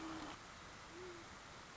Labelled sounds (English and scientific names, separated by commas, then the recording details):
Great Horned Owl (Bubo virginianus)
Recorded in Sonoma County, California